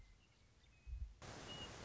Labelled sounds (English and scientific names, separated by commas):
Western Meadowlark (Sturnella neglecta)